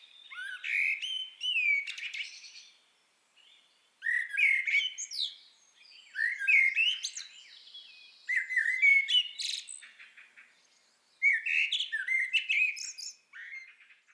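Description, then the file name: Common blackbird singing a series of several warbled, flute-like phrases mixed with high scratchy twittering notes. "Turdus merula"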